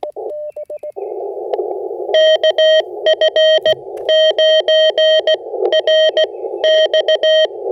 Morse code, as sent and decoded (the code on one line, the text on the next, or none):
-.- ..-. ----. .-. -..-
KF9RX